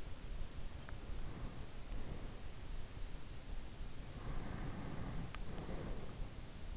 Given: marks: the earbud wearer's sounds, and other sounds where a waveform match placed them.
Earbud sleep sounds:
sounds in sleep by an in-ear microphone; breath
0.56-2.88 s: breath
3.96-6.39 s: breath

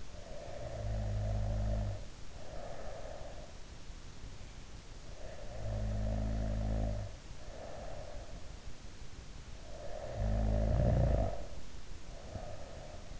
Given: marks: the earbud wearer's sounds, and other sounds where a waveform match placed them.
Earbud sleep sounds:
sounds in sleep by an in-ear microphone; snoring breath
0.00-3.54 s: snoring breath
4.98-8.37 s: snoring breath
9.65-13.20 s: snoring breath

